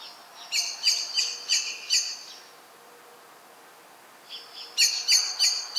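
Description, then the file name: Common blackbird chinking: a quick run of five sharp metallic notes, a silent gap of about two seconds, then another run that starts softly. "Turdus merula"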